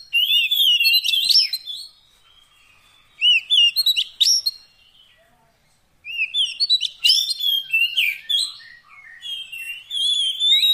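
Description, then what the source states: Oriental magpie-robin song: loud, varied whistled phrases with sweeping and rising notes, delivered in bursts separated by pauses of a second or more. Long-duration fill-in (isian) recording of kacer song, meant to make the bird sing actively day and night.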